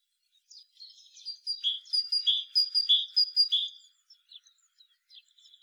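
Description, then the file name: Common chaffinch song: a series of bright repeated notes about two-thirds of a second apart, with thin high overtones, fading into softer scattered chirps. "Fringilla coelebs"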